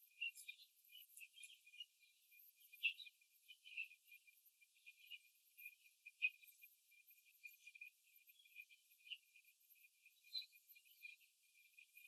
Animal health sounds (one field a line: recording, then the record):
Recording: young laying hens in a cage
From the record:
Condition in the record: before the stressor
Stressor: simulated dog barking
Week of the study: 3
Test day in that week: 1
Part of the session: 2